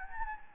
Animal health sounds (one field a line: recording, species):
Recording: mosquito wingbeat signal from an infrared sensor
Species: Anopheles gambiae